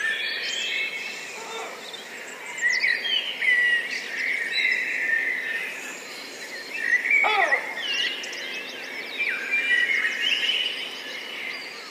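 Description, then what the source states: Blackbirds in a busy chorus: overlapping shrill whistles and chatter, with a few louder squeals. Several blackbirds.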